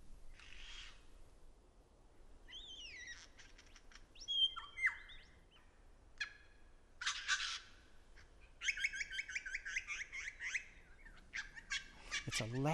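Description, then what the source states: Lyrebird song packed with mimicry of other birds: separate phrases of rising whistles, sharp clicks, rapid rattling trills and harsh buzzy bursts. Male singing intensely to a female about 2 feet away; lavish mimicry of other birds' songs, in a Southeast Australian forest.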